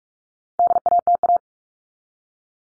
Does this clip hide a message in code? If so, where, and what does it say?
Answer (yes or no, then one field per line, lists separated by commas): yes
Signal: Morse code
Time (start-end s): 0.6-1.4 s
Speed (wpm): 44 wpm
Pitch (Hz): 700 Hz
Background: none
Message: DATA